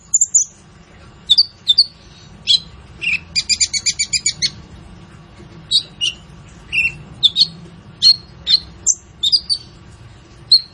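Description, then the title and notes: Kolibri Ninja giving scattered sharp chirps and one brief quick trill, spaced irregularly with gaps. Masteran training recording for teaching songbirds; full fill-ins and 'tembakan' phrases, described as gacor (singing actively), suitable as a lure. "MASTERAN KOLIBRI NINJA TERBAIK FULL ISIAN DAN TEMBAKAN MEWAH COCOK BUAT PANCINGAN. Suara Burung Kolibri Ninja Gacor"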